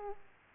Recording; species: mosquito wingbeat signal from an infrared sensor; Aedes aegypti